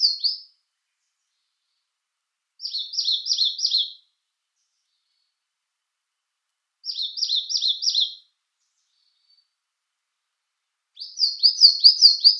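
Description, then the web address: Eastern crowned warbler song: high, rapid phrases of alternating slurred notes, each about one and a half seconds long, repeated roughly every four seconds against a quiet background. "Schulze Peter Eastern Crowned Warbler"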